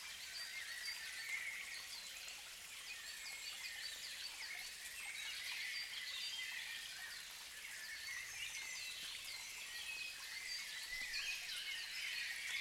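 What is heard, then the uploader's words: A dense dawn chorus of birds chirps and trills without pause over a steady, hissing wash that could be rain. Calls overlap constantly in a bright, high register, with no low sounds beneath, and the overall level stays even throughout. Deluge at Dawn. I always love to combine dawn choruses with gentle streams. I set about finding a spot where I could leave my drop-rig (Zoom F6 + stereo set of Clippy EM272s) out safely. Walking a few metres up the hill so that the stream did not overwhelm the track, I set my mics just an inch or two inside a rotten crevice of the fallen tree.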